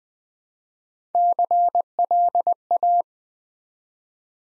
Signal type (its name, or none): Morse code